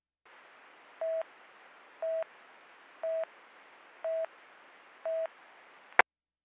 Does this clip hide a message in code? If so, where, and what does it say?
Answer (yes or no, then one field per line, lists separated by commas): no